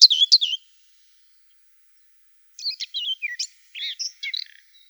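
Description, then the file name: Common whitethroat song: a short, loud scratchy burst, a silence, then softer broken chattering notes in quick groups. "Slavka seraja"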